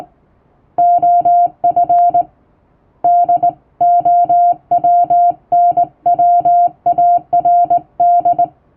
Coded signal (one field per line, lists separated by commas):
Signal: Morse code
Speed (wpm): 20 wpm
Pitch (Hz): 700 Hz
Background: music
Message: OF DOWNWARD